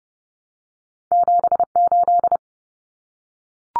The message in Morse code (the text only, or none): 78